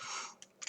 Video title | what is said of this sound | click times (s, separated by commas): WE - Browning Hi Power | slide is now locks in place you know you're not going to do it unless you actually pull the safety catch then | 0.4 s